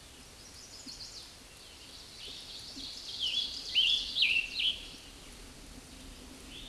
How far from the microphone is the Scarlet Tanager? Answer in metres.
about 15 m